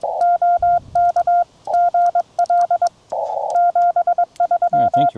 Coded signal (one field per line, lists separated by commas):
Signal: Morse code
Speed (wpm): 21 wpm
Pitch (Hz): 690 Hz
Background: none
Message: OK GL 73